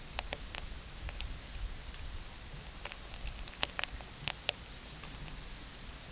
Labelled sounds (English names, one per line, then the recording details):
none
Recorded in pastures near Puerto Asís, Putumayo, Colombia, on 22 December 2024 at 11:30
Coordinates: 0.472, -76.329
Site G072